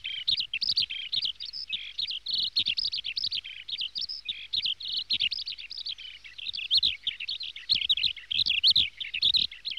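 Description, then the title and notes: Small birds chirping busily, loud high twitters and short whistled notes packed closely together. "NHK効果音集 波・川・小鳥"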